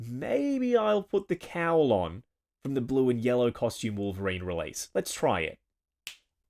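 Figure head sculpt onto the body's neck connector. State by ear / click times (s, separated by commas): seated / 6.1 s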